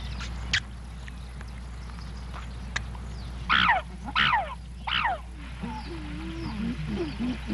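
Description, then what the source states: Chimpanzee calls: three sharp falling shrieks around midway, then lower wavering sounds, over a steady low hum. Original sound recorded with archive footage of chimpanzees; screams and noises.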